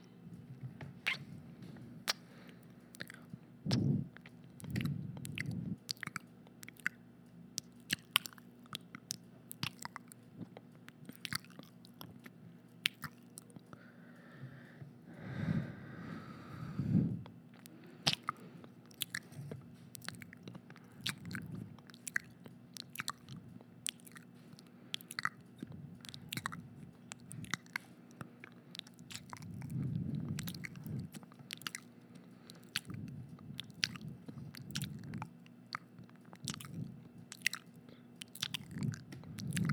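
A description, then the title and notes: Wet mouth sounds of smacking and eating: a steady run of sharp, crisp clicks and small smacks all through, with softer low chewing swells around 4, 16 and 30 seconds. A faint steady low hum sits underneath. All the mouth sounds! From kisses to smacking to actual eating.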